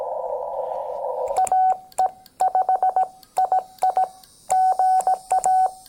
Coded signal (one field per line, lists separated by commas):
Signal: Morse code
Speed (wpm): 17 wpm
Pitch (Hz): 750 Hz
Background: none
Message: AE5II GA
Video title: MFJ-1898 Telescoping Antenna paired with the Xiegu X6100…The first #POTA field trip!